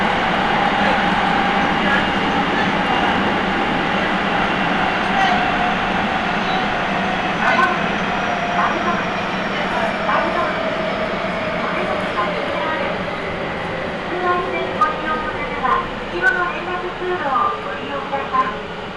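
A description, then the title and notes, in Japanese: A Nagoya Sakura-dori Line subway train hums and rumbles steadily, with a faint whine rising and voices murmuring over the rolling noise. 名古屋市営地下鉄桜通線 太閤通→徳重。桜通線の太閤通から徳重までの全区間を乗った時のものです。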